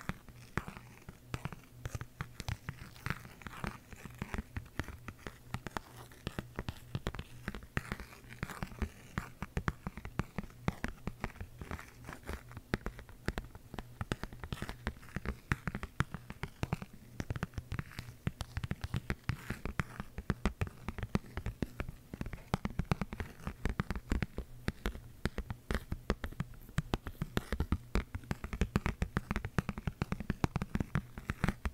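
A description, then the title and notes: Rapid, dense ASMR tapping continues evenly for the whole clip, crisp clicking strikes over a faint low steady hum underneath. ASMR Tapping For Sleep (No Talking).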